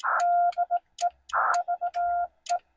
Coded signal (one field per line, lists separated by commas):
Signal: Morse code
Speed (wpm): 17 wpm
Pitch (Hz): 700 Hz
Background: none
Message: DE VE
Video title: Parks on the Air CW Newbie Activation: West Shawnigan Provincial Park CA-4281